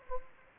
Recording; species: mosquito wingbeat signal from an infrared sensor; Anopheles gambiae